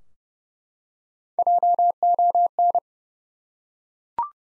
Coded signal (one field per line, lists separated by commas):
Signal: Morse code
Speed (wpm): 30 wpm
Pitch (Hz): 700 Hz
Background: none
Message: JON